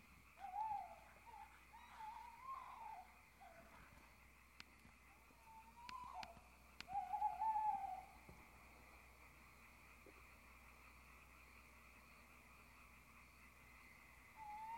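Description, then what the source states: Owl hoots, a series of wavering, tremulous notes around one pitch, several bursts in the first eight seconds, then quiet hiss with a final hoot at the end. Owls (chouettes) recorded at Ker Anna.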